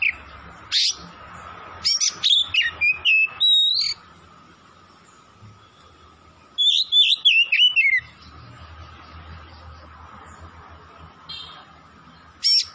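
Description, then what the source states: Oriental magpie-robin singing short bursts of sweet, sliding whistles and chattering notes, with long quiet gaps and a faint steady background hum. Kacer singing vigorously (gacor) from Tretes.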